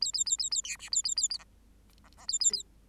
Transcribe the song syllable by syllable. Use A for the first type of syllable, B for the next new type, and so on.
A A A A A B C A A A